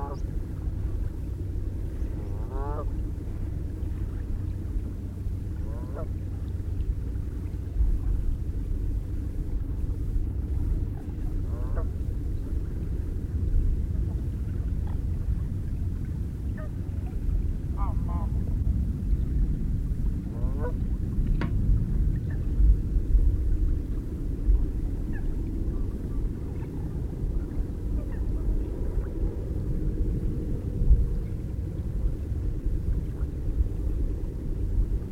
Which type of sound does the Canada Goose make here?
call